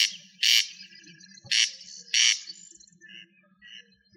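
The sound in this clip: Rail uttering three loud, rasping squawks at uneven intervals, followed by softer, fainter calls and a low background hum.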